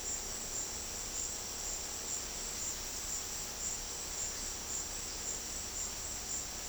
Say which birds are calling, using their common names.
none